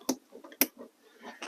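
A door wiring harness connector is plugged back into the switch socket on the rear door panel of a 2022 Honda Civic before the panel is refitted. Faint handling noise comes first, then a sharp click at 0.6 s as the connector latches and seats.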